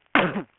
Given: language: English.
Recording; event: throat vibration sensor signal played as sound; cough